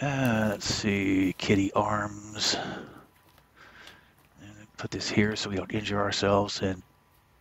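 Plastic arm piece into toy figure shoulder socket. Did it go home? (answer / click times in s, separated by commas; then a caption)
no / none. A plastic arm piece is handled near a toy figure's shoulder socket while someone talks, with two faint short ticks near 3.4 and 4.3 seconds in a quieter pause. Nothing has seated or clicked yet; the arm has not snapped into place.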